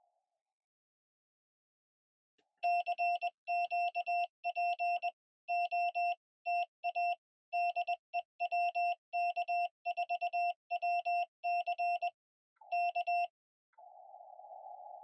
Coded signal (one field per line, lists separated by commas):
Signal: Morse code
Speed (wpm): 21 wpm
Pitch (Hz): 700 Hz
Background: none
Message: CQ POTA DE WK4WC K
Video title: Parks On The Air (POTA) at the Tuckertown access area below the Highrock Lake Dam